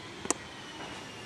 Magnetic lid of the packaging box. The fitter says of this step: yeah the sawing not the snap the that's the snap that we're looking for so you can hear that there's magnets in there that's all pretty cool